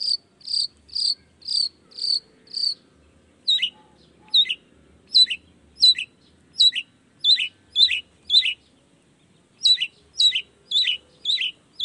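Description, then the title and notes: Long-tailed shrike singing a quick series of short high notes, first round chirps, then rapid sliding downslurred notes, with soft low noise behind. Morning singing of a lively long-tailed shrike with 'toet toet' sound variations, intended to stimulate reluctant shrikes into singing quickly. "Cendet Gacor Dor Di Kala Pagi Toet Toet Variasi Suara J. Cendet Gacor Di Pagi Hari Rangsangan Emosi Cendet Malas Bunyi Supaya Secepatnya Ikutan Bunyi. Burung cendet"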